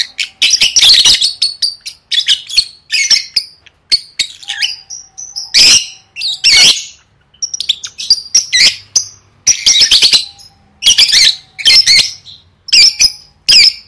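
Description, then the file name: Lovebird calls mixing rapid chirps and rough, noisy squawks, many short notes packed close together, with a few brief pauses. "tieng vet mau don"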